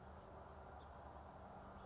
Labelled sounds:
House Finch
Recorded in Sonoma County, California

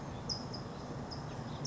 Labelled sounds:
California Towhee
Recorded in Sonoma County, California

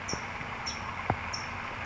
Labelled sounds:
California Towhee
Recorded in Sonoma County, California

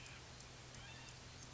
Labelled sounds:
Oak Titmouse
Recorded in Sonoma County, California

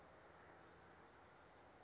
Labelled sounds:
Chestnut-backed Chickadee
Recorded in Sonoma County, California

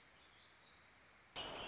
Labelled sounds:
Warbling Vireo
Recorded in Sonoma County, California

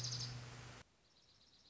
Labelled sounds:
Dark-eyed Junco
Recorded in Sonoma County, California

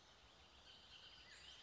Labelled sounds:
Bullock's Oriole
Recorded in Sonoma County, California

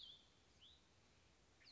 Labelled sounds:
Cassin's Vireo
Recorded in Sonoma County, California

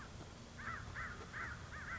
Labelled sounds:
American Crow
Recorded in Sonoma County, California

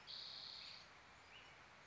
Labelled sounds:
Spotted Towhee
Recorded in Sonoma County, California

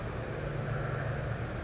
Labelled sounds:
California Towhee
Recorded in Sonoma County, California

